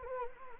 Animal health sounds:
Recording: mosquito wingbeat signal from an infrared sensor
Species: Anopheles gambiae

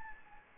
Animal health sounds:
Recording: mosquito wingbeat signal from an infrared sensor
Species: Anopheles gambiae

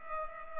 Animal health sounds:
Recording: mosquito wingbeat signal from an infrared sensor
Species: Culex pipiens

